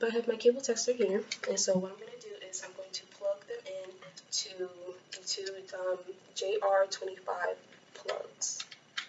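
Someone talks while handling the first RJ45 plug of a crossover cable at a port on a cable tester, with a few faint ticks of handling underneath. The clip ends just before the plug goes home, so nothing has seated or clicked yet.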